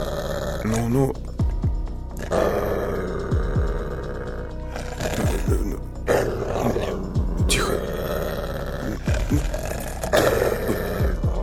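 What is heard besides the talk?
dog growling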